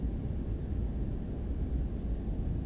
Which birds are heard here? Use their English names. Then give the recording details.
none. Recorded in France